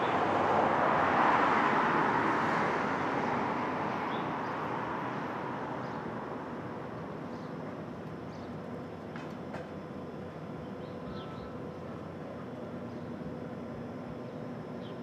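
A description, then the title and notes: Street traffic at dawn in Brooklyn: a vehicle passes early, its wide rushing swell peaking around the first two seconds, then fading into a steady low rumble. Faint clicks and brief higher chirps, perhaps birds, appear sparsely through the later half. Brooklyn Dawn, 4 - 17 - 20, Street Traffic II.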